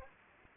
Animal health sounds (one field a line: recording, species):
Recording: mosquito wingbeat signal from an infrared sensor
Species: Anopheles arabiensis